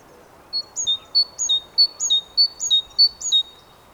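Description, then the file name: Great tit song, bright ringing three-note phrases ending on a lower note, repeated five times at an even pace. "Parus major"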